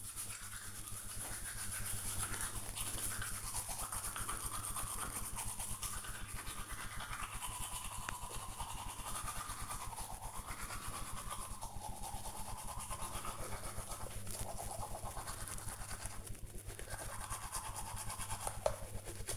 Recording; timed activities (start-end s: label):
household activities, microphone on the right wrist
0.00-19.37 s: brushing teeth